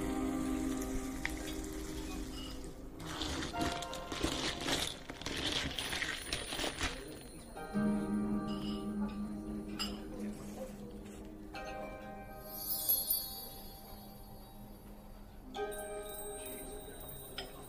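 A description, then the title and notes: Fantasy fairy cafe ambience: a steady low hum and soft chatter-like murmur run throughout, with light clinks and patter-like ticks scattered across the clip. A brighter, busier stretch of rustling and tapping fills roughly seconds three to seven, and high shimmering tones appear near thirteen seconds. Fantasy fairy cafe asmr ambience.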